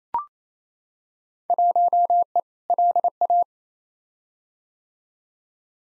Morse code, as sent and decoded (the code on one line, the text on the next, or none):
.---- . / .-.. .-
1E LA